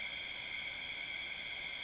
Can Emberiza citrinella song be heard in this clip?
no